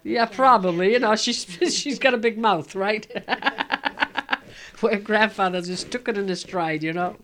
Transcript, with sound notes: Yeah, probably. You know, she's got a big mouth, right. ( she laughs ) But grandfather just took it in his stride, you know.